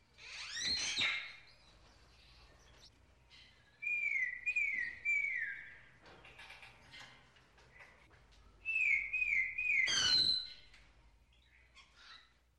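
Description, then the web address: Parrot calls: a harsh screech at the start, then two loud wavering whistled phrases, the second ending in a harsh squawk, with quieter gaps between. "попугай"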